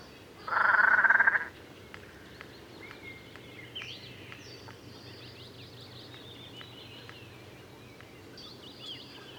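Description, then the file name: Great crested grebe giving a single loud rasping call about a second long, followed by faint high chirps from small birds over quiet background hiss. "Svasso Maggiore"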